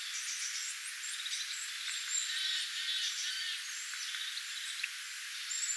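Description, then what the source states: Tits giving a busy stream of short, high chipping and buzzy calls from several birds, overlapping constantly, with thin whistled notes above. A flock of tits recorded on 25 October 2024.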